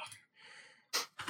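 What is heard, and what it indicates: A soft, hissing intake of breath is followed by two abrupt, noisy, hiss-heavy bursts about a quarter second apart. It is an adult's sneeze. No voicing or speech accompanies it.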